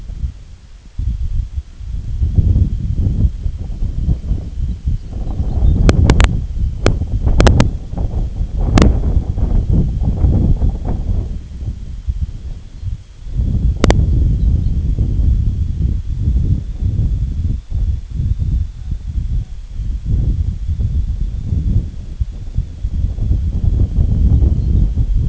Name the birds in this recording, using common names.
Lapland Longspur, Common Raven